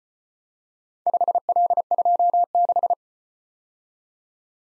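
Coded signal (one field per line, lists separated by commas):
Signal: Morse code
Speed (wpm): 34 wpm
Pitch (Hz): 700 Hz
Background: none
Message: 5L26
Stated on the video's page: Four-character letter-number practice at 25 wpm, starting fast and slowing to a base speed; fastest is 1.5 times slowest, final repeat at maximum speed.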